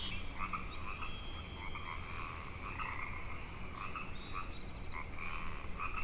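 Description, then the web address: Frogs croaking in a steady, crowded chorus of buzzy trills. Frog chorus on Grafton Lake, 3 May 2009. "The Frog Chorus Tunes Up On Grafton Lake"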